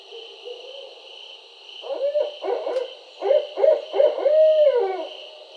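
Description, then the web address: Barred owl call: soft low hoots, then a louder run of clipped hoots ending in a long, wavering, falling hoot, with a constant high hum behind. Recorded 4 October 2011. "Barred Owl 2011 10 04"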